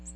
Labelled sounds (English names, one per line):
Ovenbird flight call